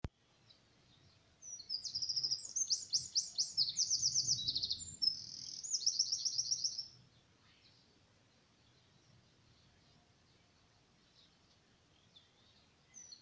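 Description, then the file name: Eurasian wren song: one loud, rapid outpouring of high trills and buzzy rattles lasting about five seconds, followed by quiet background with faint chirps. "Troglodytes troglodytes"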